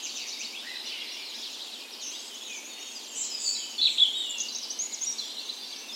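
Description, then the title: Birds singing in a thin, high dawn chorus, faint twittering that grows louder with a few sharper chirps after the third second. Dawn chorus in a park west in Bergen, Norway, morning of 17 May, Norway's National Day, full spring; recorded with Sony PCM A10 and LOM Micro Usi microphones used as tree ears. "17th Of May Dawn Chorus"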